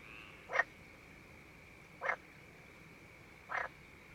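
Frog croaks, three short raspy notes about a second and a half apart, a faint steady high hum underneath.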